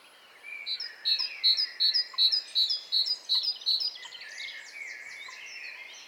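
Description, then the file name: Great tit calling, a bright high two-note phrase repeated about nine times in quick even rhythm, with faint chirps of other birds behind. "Parus major"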